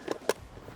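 An ammo bag is attached to a machine gun, with a softer tap at 0.1 s before a sharp, bright click at 0.3 s as it locks into place. The bag seats with a really solid fit, clipping on like a magazine, unlike the old ammo bag's looser attachment.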